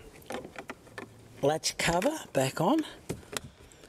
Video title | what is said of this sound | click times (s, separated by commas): Jeep Grand Cherokee - Towing Mirrors Installation - Clearview Accessories | you'll hear it click into place just try your door handle a couple of times if | 3.4 s